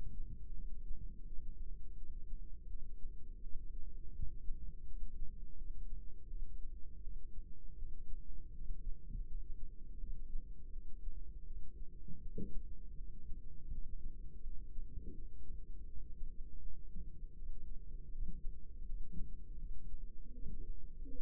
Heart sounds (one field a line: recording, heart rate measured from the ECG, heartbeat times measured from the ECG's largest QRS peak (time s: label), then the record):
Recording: heart sounds by microphone in the right ear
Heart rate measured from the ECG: 82 bpm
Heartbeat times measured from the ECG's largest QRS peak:
0.54 s: heartbeat
1.24 s: heartbeat
1.96 s: heartbeat
2.68 s: heartbeat
3.41 s: heartbeat
4.13 s: heartbeat
4.85 s: heartbeat
5.56 s: heartbeat
6.28 s: heartbeat
7.01 s: heartbeat
7.76 s: heartbeat
8.52 s: heartbeat
9.25 s: heartbeat
9.98 s: heartbeat
10.71 s: heartbeat
11.45 s: heartbeat
12.20 s: heartbeat
12.95 s: heartbeat
13.69 s: heartbeat
14.41 s: heartbeat
15.13 s: heartbeat
15.85 s: heartbeat
16.59 s: heartbeat
17.34 s: heartbeat
18.09 s: heartbeat
18.83 s: heartbeat
19.56 s: heartbeat
20.32 s: heartbeat
21.08 s: heartbeat
From the record:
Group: healthy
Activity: rest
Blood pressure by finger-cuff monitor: 116/94 mmHg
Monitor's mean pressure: 104 mmHg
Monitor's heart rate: 82 bpm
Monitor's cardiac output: 4.8 L/min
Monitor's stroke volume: 58 mL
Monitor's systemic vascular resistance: 1620 dyn s/cm5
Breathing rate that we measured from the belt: 13 breaths a minute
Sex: female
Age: 51 years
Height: 162 cm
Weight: 70.04 kg